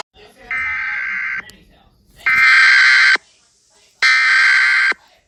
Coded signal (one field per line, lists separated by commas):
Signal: Emergency Alert System (SAME) tones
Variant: header bursts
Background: speech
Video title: Scariest EAS SENARIO ever made...